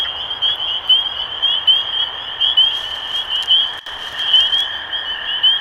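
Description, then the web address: Spring peeper chorus, many shrill upslurred peeps blending into a constant ringing wash, with a brief dropout near the four-second mark and a faint lower trill. Recorded 23 March 2012. "rob animals Peepers-2012-0323"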